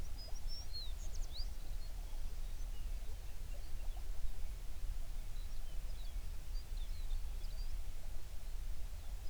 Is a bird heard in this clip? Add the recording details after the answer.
yes. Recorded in the Prudhoe Bay oil fields, Alaska, on 11 June 2019 at 04:32. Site 21